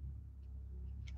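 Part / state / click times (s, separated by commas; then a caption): metal jump ring ends closing onto a bracelet clasp / seated / 1.1 s. An open metal jump ring holding a bracelet clasp is closed by moving one end front to back until the two wire ends meet. A low steady hum runs throughout, and a small, sharp metallic click is heard at 1.08 s as the ring ends click together and seat.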